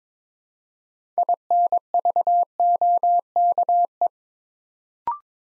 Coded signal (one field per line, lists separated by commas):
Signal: Morse code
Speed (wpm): 22 wpm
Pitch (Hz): 700 Hz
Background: none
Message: INVOKE